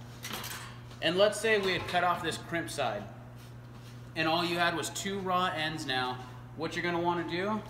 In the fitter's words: snap it together until you hear that